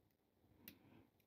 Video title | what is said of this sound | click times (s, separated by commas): 最後の 00CTOBER MGM: MASTER GRADE GNY-001F GUNDAM ASTRAEA TYPE F (FULL WEAPONS SET) P-BANDAI REVIEW | and slide it down until it snaps on so now you've got a couple | 0.7 s